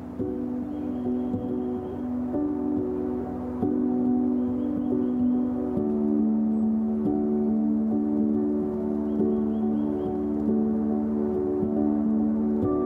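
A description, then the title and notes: String music plays with long, sustained low-to-middle notes that ring and overlap, shifting pitch every few seconds in a slow, steady drone. Faint bird chirps appear around one, five and ten seconds, over a soft, constant hush of wind. This episode features a dialog free selection of string music set against a back drop of quiet wind and birds.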